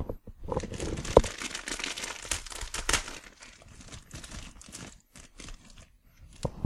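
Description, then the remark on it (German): Crinkly plastic packaging rustles and crackles in quick, irregular bursts as a bag of cream toffees is pulled open, with sharp bright crackles and brief pauses, no talking. “Moment, ich muss mal die Tüte aufmachen.”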